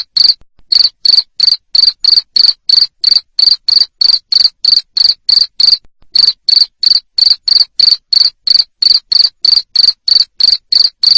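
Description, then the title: Cricket chirping: loud, bright pulsed chirps repeated steadily about three times a second, with one brief pause near the start and another in the middle. Loud cricket chirping played to stimulate lovebirds to keep singing (ngekek). "Suara JANGKRIK NGERIK Keras Bikin LOVEBIRD Jadi NGEKEK Terus Vubey"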